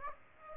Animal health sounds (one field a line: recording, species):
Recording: mosquito wingbeat signal from an infrared sensor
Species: Aedes aegypti